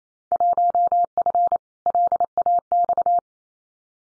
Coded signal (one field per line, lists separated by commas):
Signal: Morse code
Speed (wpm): 28 wpm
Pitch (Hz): 700 Hz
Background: none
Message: 1F LAX